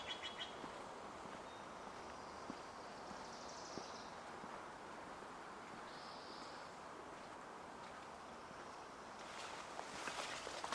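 Ambience at Hoyt Arboretum in Portland, Oregon: a steady, even rush like far traffic or wind runs throughout. Short high chirps or whistles come near the start and around four and six seconds, and a rougher rustling swell rises near the end.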